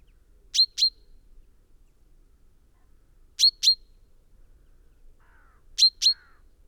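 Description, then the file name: Common chaffinch call pairs, sharp and ringing, given about every two and a half seconds, with a faint softer bird note near the end. "Fringilla coelebs"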